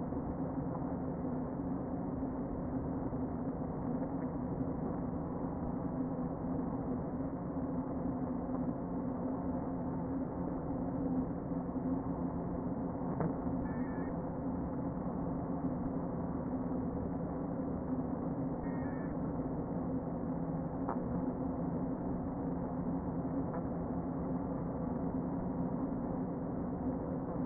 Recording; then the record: honeybee colony, microphone inside the hive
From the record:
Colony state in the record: queen present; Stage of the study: before two queens were removed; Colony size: about 60,000 bees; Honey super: yes